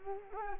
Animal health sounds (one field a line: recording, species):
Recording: mosquito wingbeat signal from an infrared sensor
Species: Culex quinquefasciatus